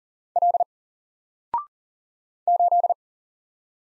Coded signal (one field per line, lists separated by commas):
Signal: Morse code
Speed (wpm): 40 wpm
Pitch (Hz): 700 Hz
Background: none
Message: L 8